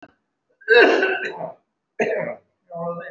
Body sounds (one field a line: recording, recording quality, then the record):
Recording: heavy voluntary cough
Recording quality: excellent, no background noise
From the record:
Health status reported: respiratory illness, not identified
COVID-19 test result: not tested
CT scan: not taken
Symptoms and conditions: cough, cold, breathing difficulty, another respiratory illness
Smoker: yes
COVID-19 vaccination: both doses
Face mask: worn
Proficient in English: no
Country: India